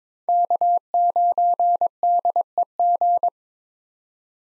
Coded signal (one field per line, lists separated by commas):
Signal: Morse code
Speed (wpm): 22 wpm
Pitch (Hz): 700 Hz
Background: none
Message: K9DEG